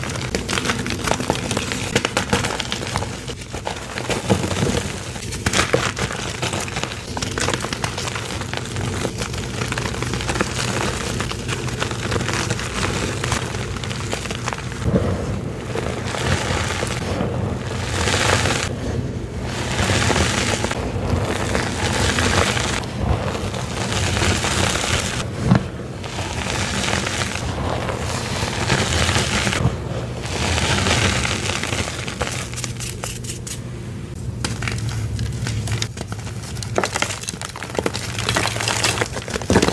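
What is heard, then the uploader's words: Rainbow gym chalk being crushed and crumbled, a dense, continuous gritty crunching that runs the full forty seconds. Sharp crackles and snaps break through every second or two over a steady low rumble, with loudness staying fairly even throughout and dipping slightly near the end. Rainbow gym chalk compilation.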